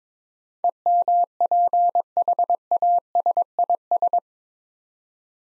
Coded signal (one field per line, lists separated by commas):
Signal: Morse code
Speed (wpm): 22 wpm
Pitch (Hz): 700 Hz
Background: none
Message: EMPHASIS